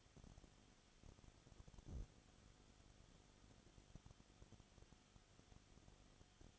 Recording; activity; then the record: daily activity, microphone in the room; no activity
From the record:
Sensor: 4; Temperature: 22.7 degrees Celsius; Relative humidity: 31.8%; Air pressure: 995.4 hPa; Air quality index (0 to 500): 158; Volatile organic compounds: 2 ppm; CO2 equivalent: 1256 ppm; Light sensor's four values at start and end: 2/3/1/1 and 2/3/1/1